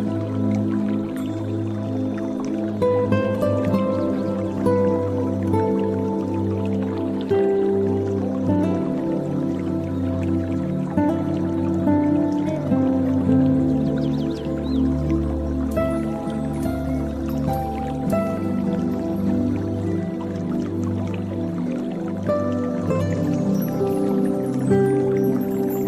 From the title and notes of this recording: Relaxing Zen Music with Water Sounds Peaceful Ambience for Spa Yoga and Relaxation.